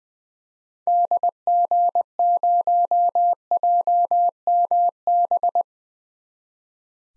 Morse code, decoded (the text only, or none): DG0JMB